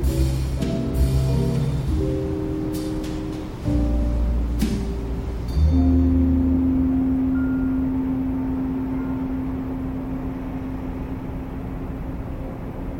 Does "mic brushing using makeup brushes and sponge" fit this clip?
no